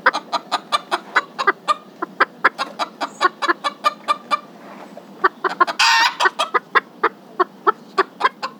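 Chickens clucking in a fast regular series, interrupted by one loud harsh squawk before the clucking resumes.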